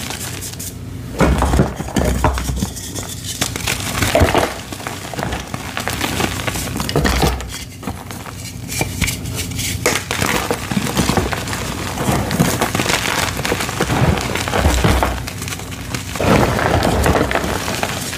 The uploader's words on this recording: Fresh & Dyed Blocks Random Gym Chalk Crushing Compilation. Nonstop asmr crushing sounds.